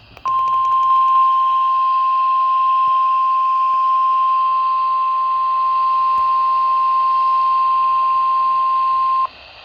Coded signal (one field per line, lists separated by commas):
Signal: Emergency Alert System (SAME) tones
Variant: 1050 Hz attention tone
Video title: SPOOKTOBER... EAS Alerts from 10/25/21 (EAS #794-800)